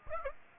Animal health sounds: mosquito wingbeat signal from an infrared sensor; Aedes aegypti

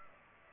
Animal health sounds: mosquito wingbeat signal from an infrared sensor; Culex pipiens

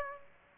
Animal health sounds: mosquito wingbeat signal from an infrared sensor; Aedes aegypti

